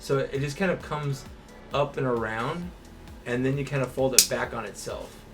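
Someone talks while handling the L-shaped strap piece of a Cloud 9 Quakeblast, looping it up, around and folding it back on itself toward its retaining slot. Only handling sounds are heard under the talking; nothing has snapped into place yet.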